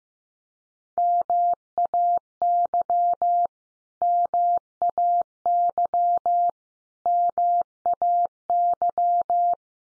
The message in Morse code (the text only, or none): MAY MAY MAY